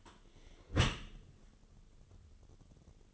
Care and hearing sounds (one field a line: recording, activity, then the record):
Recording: daily activity, microphone in the room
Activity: close dishwasher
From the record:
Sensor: 4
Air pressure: 1015.8 hPa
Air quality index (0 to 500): 93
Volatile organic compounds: 2 ppm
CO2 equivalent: 1040 ppm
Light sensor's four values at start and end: 9/19/7/7 and 9/19/7/7